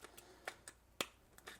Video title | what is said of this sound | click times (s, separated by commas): Reolink Argus 2 with Solar - Unboxing and First Look | So this kind of just slides on here, locks in place. | 1.0 s